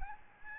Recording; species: mosquito wingbeat signal from an infrared sensor; Aedes albopictus